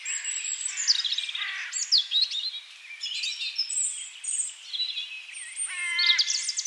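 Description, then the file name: European robin song of varied high trills and thin sliding whistles, with a short harsh harmonic call early on and another near the end. "Erithacus rubecula"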